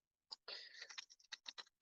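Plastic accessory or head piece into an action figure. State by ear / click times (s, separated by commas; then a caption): not seated / none. A plastic head or goggles piece is handled against a plastic action figure before being popped in, with care taken in case it breaks. Short plastic ticks and rattles of handling are heard, with sharper taps near 0.3, 1.0, 1.3 and 1.5 seconds. Nothing has seated or snapped into place yet.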